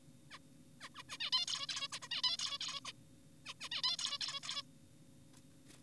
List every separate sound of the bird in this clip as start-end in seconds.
0.31-0.39, 0.81-0.89, 0.95-1.03, 1.09-1.18, 1.20-1.30, 1.33-1.46, 1.48-1.67, 1.69-1.88, 1.92-1.99, 2.02-2.08, 2.11-2.22, 2.24-2.37, 2.39-2.58, 2.61-2.80, 2.85-2.92, 3.46-3.54, 3.61-3.69, 3.72-3.82, 3.84-3.97, 3.99-4.18, 4.21-4.40, 4.43-4.62